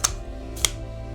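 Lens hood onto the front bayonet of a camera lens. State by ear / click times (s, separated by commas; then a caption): seated / 0.1 s, 0.7 s. A lens hood is twisted onto the front bayonet of a Viltrox EVO AF 85mm F2 FE camera lens until it locks. Two sharp, short clicks sound at 0.1 s and 0.7 s over steady background music, with a much fainter tick near 1.2 s. The hood clicks properly into place and is seated.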